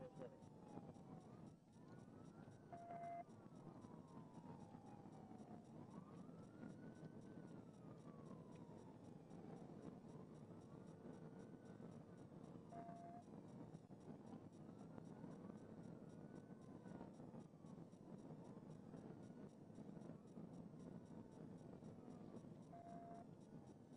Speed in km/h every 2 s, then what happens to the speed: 145, 140, 138, 153, 158, 167, 174, 179, 182, 190, 184, 174.
0-5 steady at about 140. 5-17 speeds up to 190. 17-24 slows to 174.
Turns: none.